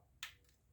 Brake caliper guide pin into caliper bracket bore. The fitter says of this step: You heard that? That's a little pop you want to hear. Now you know it just clip back into place.